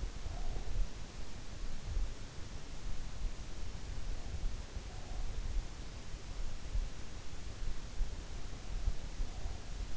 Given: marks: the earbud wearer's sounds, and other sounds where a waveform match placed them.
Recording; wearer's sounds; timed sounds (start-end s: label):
sounds in sleep by an in-ear microphone; breath
0.00-1.43 s: breath